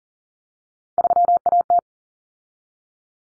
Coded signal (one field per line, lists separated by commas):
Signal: Morse code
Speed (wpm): 40 wpm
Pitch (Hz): 700 Hz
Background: none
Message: 3AT